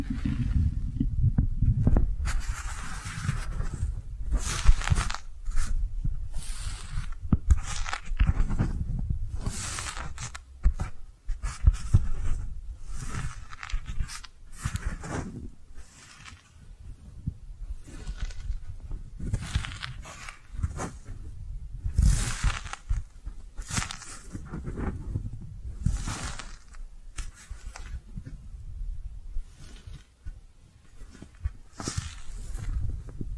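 Soft brushing and squishy handling sounds rub on in irregular bursts, each stroke a quick bright swish over a low, muffled rumble. Strokes come every second or so, sometimes clustered, with brief quiet gaps between them. Light tearing or scratching textures appear throughout.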